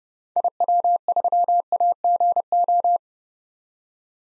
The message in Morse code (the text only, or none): IW3AGO